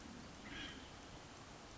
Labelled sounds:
Acorn Woodpecker (Melanerpes formicivorus)
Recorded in Sonoma County, California

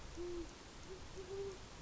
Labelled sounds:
Great Horned Owl (Bubo virginianus)
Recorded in Sonoma County, California

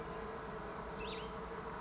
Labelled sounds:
Cassin's Vireo (Vireo cassinii)
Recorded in Sonoma County, California

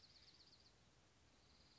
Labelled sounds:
Dark-eyed Junco (Junco hyemalis)
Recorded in Sonoma County, California

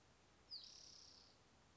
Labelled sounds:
Spotted Towhee (Pipilo maculatus)
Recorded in Sonoma County, California

